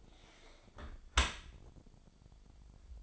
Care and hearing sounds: daily activity, microphone in the room; close dishwasher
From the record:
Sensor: 5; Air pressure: 1006.8 hPa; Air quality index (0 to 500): 181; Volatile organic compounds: 5 ppm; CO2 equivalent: 1728 ppm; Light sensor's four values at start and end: 51/142/56/56 and 51/142/56/56

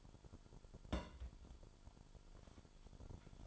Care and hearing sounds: daily activity, microphone in the room; place on stove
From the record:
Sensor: 5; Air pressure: 1008.1 hPa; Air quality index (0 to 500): 117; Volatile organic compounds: 1 ppm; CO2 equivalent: 899 ppm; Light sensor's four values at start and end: 27/59/25/25 and 28/60/25/25

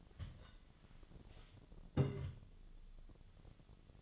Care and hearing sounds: daily activity, microphone in the room; take from stove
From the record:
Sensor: 4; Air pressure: 1010.8 hPa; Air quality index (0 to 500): 169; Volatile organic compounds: 5 ppm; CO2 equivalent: 1721 ppm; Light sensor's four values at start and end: 40/113/45/46 and 39/111/45/46

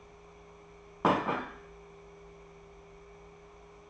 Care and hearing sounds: daily activity, microphone in the room; place plate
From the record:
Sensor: 1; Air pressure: 1015.0 hPa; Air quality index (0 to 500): 201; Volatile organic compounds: 25 ppm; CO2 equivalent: 2849 ppm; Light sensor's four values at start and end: 28/70/30/35 and 28/69/30/35

